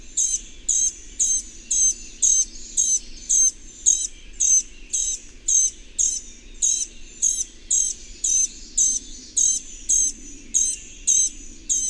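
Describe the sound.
Bird giving a long, steady series of high, clipped chirps, close to two per second, with a soft low hum underneath.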